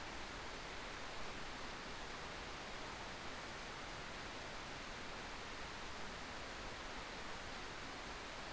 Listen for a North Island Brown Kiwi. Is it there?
no